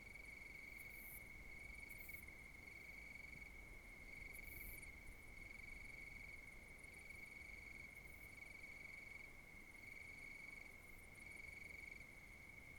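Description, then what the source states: Cricket trilling, a continuous shrill tone with a softer overtone pulsing in regular beats, scattered short high bursts, and steady hiss underneath. Crickets in the countryside at night.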